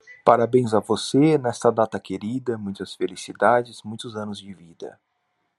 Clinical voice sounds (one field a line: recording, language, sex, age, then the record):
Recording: short text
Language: Brazilian Portuguese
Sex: male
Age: 30 to 39 years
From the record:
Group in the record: control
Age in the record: 33 years